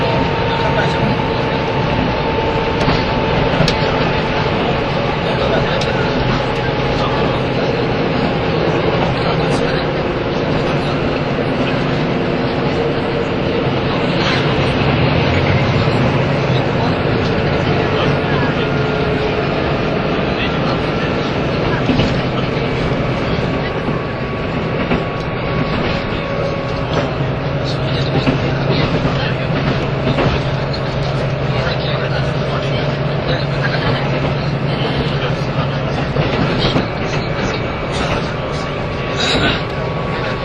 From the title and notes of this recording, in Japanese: キハ85系 ひだ01号01 名古屋～(飛騨金山)。2007年当時最速のスジとなる”ひだ01号”を収録したものです。走行音(音の旅) 1021,キハ85系 ひだ01号。名古屋～富山。